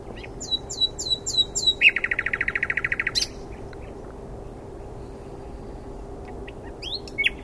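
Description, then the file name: Common nightingale song: a few whistled notes, then a fast buzzy trill of many notes. Scattered sharp notes return near the end over a faint steady hum. "Luscinia megarhynchos"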